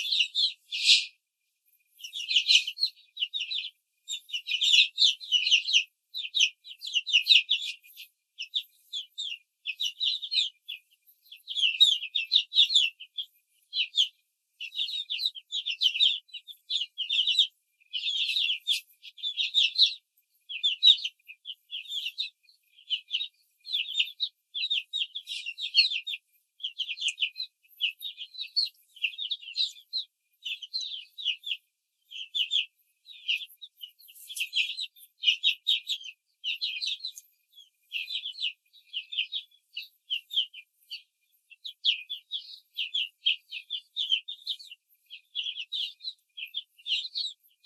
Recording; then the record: young laying hens in a cage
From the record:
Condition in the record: control cage, after the stress test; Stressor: none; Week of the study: 4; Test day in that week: 1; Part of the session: 3